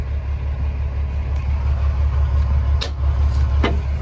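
On a flatbed truck load, the ratchet handle of a cargo tie-down strap over metal bundles is worked to take it up one more notch, so the little bundles don't start walking out. Over a steady low engine-like rumble, a sharp click at 2.8 s marks the ratchet buckle seating one notch tighter, confirmed.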